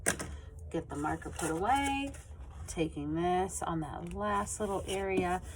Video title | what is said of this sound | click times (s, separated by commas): Marker Print Fall Leaves | close it if there's a space i want to make sure i push hard enough to hear that click | 0.1 s